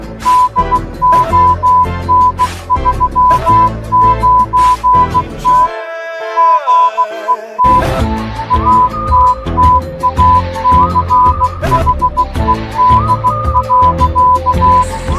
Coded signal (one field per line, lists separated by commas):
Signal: Morse code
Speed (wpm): 16 wpm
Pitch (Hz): 1000 Hz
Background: music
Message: DON39T GET ATTACHED.